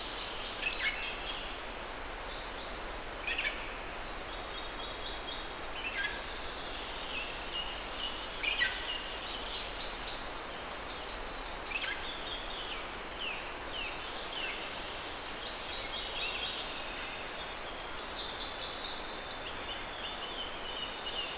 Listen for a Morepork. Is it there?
no